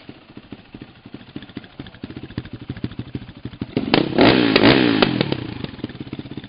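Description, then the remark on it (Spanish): A motorcycle engine at a motorcycle repair shop and store in Cañasgordas idles with a steady, rapid putter, then revs up loudly with a rough, throaty roar for a second or so before dropping back to idle. “Bueno, también vemos un lugar de motos que se llama Full Motos.”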